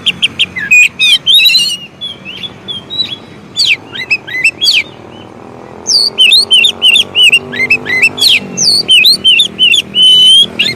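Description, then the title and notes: Oriental magpie-robin song: bursts of sharp chips and twisting whistles, a short quieter gap, then rapid repeated whistled notes. Long-duration fill-in song for training magpie-robins to sing actively day and night. "Kacer Jadi Gacor Siang Malam. Isian Kacer Durasi Panjang"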